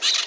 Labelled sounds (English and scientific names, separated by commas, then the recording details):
Brown-throated Parakeet (Eupsittula pertinax) contact call
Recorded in Margarita
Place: San Francisco, near stadium
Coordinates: 11.018, -64.294